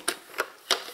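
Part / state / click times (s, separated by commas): plastic cap on a stand mixer head housing / seated / 0.7 s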